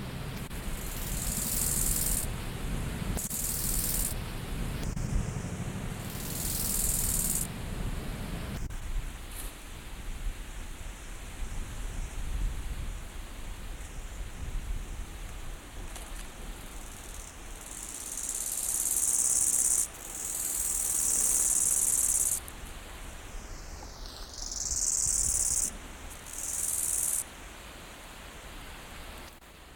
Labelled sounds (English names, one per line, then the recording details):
Bow-winged Grasshopper stridulation
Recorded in the wild
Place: Eutin, Holsteinische Schweiz, Schleswig-Holstein, DE
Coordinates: 54.132, 10.614
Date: 1992-09-16 11:40
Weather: heiter, 15-19°C
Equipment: Marantz CP 430, Sennheiser ME 80, Kopie Tesla B 116
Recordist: Tembrock, Günter
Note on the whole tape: Eutiner See; kurz als Beleg